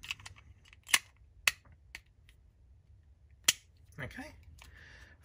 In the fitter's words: Put the batteries in, and you'll hear a little click.